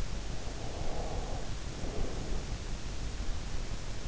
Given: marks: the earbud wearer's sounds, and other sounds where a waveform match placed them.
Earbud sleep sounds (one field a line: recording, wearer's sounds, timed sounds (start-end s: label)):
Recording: sounds in sleep by an in-ear microphone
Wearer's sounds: breath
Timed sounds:
0.06-3.03 s: breath